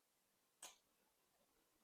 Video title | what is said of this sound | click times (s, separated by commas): How to Replace REAR Brakes Mercedes SLC43 AMG | And you'll hear a little click. | 0.6 s